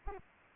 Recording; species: mosquito wingbeat signal from an infrared sensor; Culex pipiens